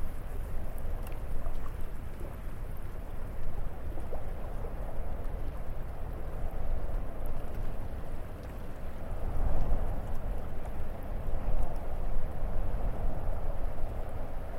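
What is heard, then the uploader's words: Soft waves wash steadily against the shore under a low, constant breeze, swelling slightly after the midpoint, with faint scattered crackles above. ICY LAGOON AMBIENT. A calming sound of a lapping wave, a gentle breeze, and a soft crackling fire.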